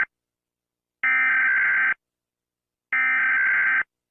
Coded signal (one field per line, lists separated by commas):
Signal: Emergency Alert System (SAME) tones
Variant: header bursts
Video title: Rating EAS Alarms Rebooted!